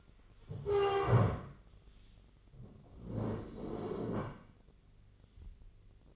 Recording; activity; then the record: daily activity, microphone in the room; stand up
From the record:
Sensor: 4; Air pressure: 1013.2 hPa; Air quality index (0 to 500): 176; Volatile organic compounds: 2 ppm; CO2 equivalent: 1114 ppm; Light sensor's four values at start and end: 46/114/48/51 and 46/114/48/51